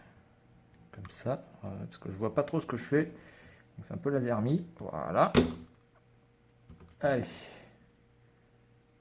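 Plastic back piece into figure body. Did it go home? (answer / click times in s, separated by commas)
no / none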